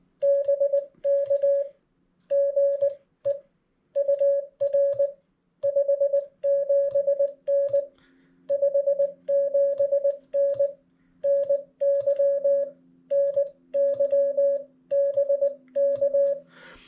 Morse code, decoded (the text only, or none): BK GE UR 57N 57N NY NY BK